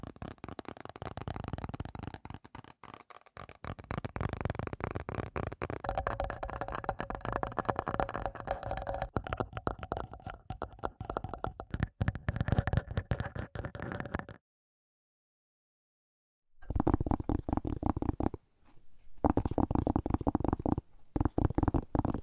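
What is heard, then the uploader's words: Fast, dense tapping runs almost continuously with a low rumbling undertone, stops abruptly near fourteen seconds, then resumes after a two-second silence. ASMR 1 Hour Fast Tapping for Sleep (No Talking).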